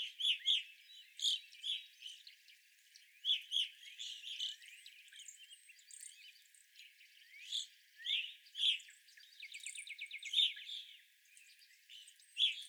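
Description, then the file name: Evening grosbeaks chirping, sharp clipped notes spaced irregularly from several birds, plus a rapid mechanical-sounding trill partway through. Several evening grosbeaks calling, recorded 25 April 2021. "2021-04-25 Evening Grosbeaks"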